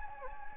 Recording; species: mosquito wingbeat signal from an infrared sensor; Anopheles gambiae